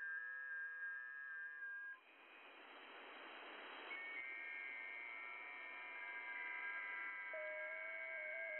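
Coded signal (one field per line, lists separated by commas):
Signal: FT8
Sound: several soft overlapping steady warbling tones over hiss, with a brief noisy swell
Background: radio static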